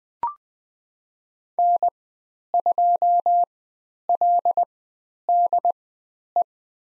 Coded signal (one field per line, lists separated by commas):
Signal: Morse code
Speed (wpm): 20 wpm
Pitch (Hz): 700 Hz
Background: none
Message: N2LDE